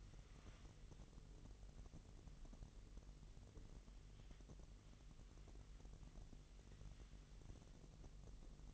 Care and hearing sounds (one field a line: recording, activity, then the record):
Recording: daily activity, microphone in the room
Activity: wipe stove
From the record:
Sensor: 4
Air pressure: 1001.7 hPa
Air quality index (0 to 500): 246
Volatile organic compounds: 39 ppm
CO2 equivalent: 3140 ppm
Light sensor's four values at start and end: 8/19/7/7 and 8/18/7/6